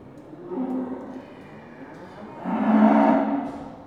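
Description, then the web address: Cattle lowing, a soft short moo followed by a louder, fuller bellow about two seconds later. Cattle in pens at a market. "BBC Sound Effects Library BBC 35-Livestock. Cattle In Pens At Market"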